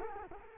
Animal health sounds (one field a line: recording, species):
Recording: mosquito wingbeat signal from an infrared sensor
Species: Culex quinquefasciatus